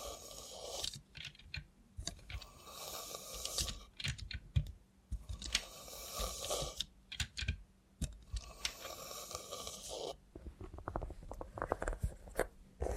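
Robot hand ASMR with no talking: bursts of crisp, hissy rustling and tapping come and go in uneven stretches, with short quiet gaps between them. Sharp clicks and taps scatter throughout, sounding much like typing, over a low steady hum.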